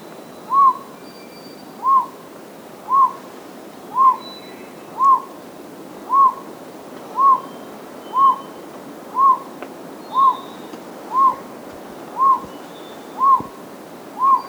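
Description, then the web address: Bird song: a single short whistled hoot, repeated steadily about once per second throughout, with faint higher sounds in the background. Cloud forest in Costa Rica. "Birds of the Costa Rican Cloud Forest. song"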